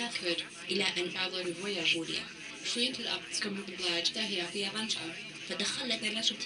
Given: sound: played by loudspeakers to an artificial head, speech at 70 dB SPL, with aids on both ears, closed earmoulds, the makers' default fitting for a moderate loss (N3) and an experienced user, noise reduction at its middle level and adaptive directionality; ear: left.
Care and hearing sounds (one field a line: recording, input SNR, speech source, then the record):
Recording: speech test signal (ISTS) in cocktail-party noise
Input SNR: +9 dB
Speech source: on the right (90 degrees)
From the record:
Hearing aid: class 2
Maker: B